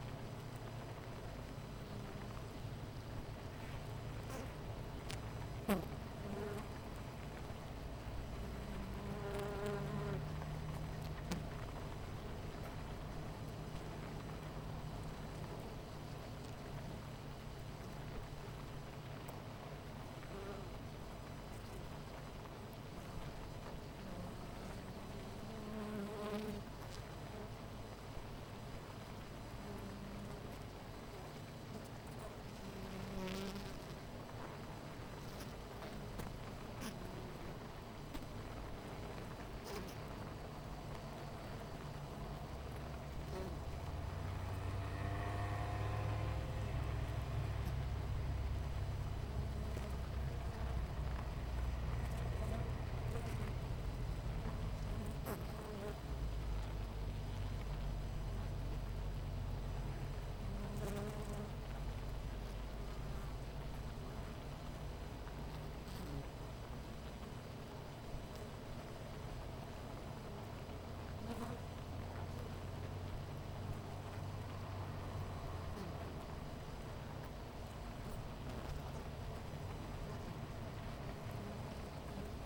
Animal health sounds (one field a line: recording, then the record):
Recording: honeybee colony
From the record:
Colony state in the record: missing queen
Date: 14 July 2017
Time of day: 10:21